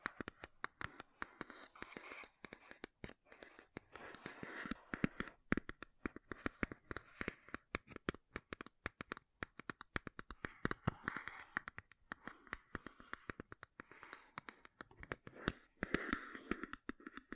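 Makeup tapping and scratching: dense, fast clicks and taps land irregularly throughout, with crisp sharp attacks. Between them runs a soft rustling scratch, brighter in the upper mids, swelling and fading in bursts. The pace stays busy from start to finish.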